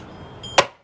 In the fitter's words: hear it snap okay so that one's installed i'll just go around and do all of these